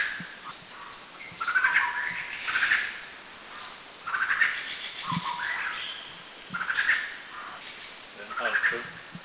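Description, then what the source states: Collared babbler calls: short rising whistled and slurred notes in repeated bursts, over a steady high hiss. Recorded in northern Thailand.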